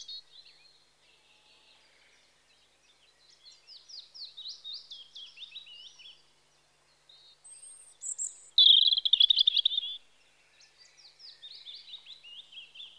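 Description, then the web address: European robin singing soft, rapid high warbles that build into a loud, sparkling trill, then ease back into quieter tumbling phrases. Spring. "The BBC Sound Effects Library. Robin (Erithacus Rubecula) Spring"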